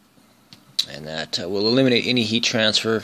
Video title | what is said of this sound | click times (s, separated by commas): Paradigm Vengence RDA (Magma V2) FastTech.com | make sure that those threads are lining up right because there you go see click | 0.5 s